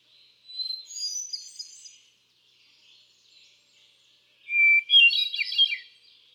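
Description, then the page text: Hermit thrush song: the high tail of one phrase fades out. After a quiet pause, a new song starts with a clear whistled note and breaks into a fluty, rippling flourish. Male bird cycling through a repertoire of about ten different songs; recorded 13 June 2006 at Quabbin Park, Ware, Massachusetts. "Birdsong for the Curious Naturalist. Hermit thrush. A truly gifted and inspiring songster. Can you hear how he cycles through his repertoire of about ten different songs? June 13, 2006. Quabbin Park, Ware, Massachusetts"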